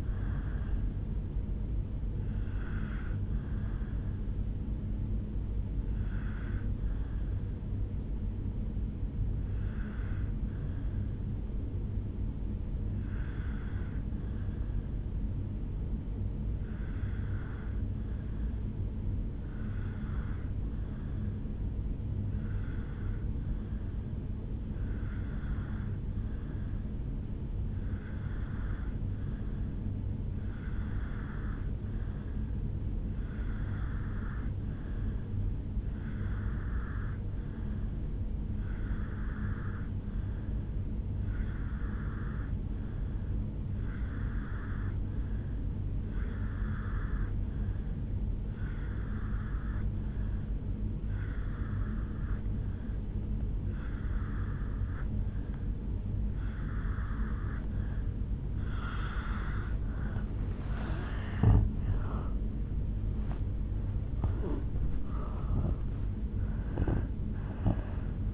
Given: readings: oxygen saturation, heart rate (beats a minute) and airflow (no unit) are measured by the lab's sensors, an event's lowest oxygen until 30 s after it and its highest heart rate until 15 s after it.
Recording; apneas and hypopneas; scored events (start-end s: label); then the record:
breathing in sleep by a smartphone at the bedside; 1
2.00-62.00 s: new sleep stage, N2 (light sleep)
4.00-60.10 s: obstructive apnea (N2, oxygen 98% highest, then 85% lowest, heart rate 57 at the start, 81 highest)
62.00-68.33 s: new sleep stage, N1 (lightest sleep)
From the record:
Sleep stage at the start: N1 (lightest sleep); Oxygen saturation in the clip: 84 to 98%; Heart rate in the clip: 57 to 81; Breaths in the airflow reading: 4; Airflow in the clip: -8.1 to 8.2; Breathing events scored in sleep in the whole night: 449 in 7.0 hours asleep